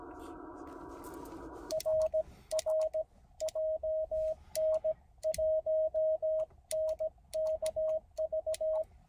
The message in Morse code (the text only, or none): RR JN1NKV